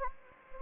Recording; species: mosquito wingbeat signal from an infrared sensor; Anopheles gambiae